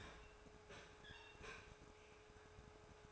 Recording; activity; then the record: daily activity, microphone in the room; open fridge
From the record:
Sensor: 2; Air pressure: 1004.4 hPa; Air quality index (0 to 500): 186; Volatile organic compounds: 10 ppm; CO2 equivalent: 2231 ppm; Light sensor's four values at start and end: 4/10/4/4 and 4/10/4/4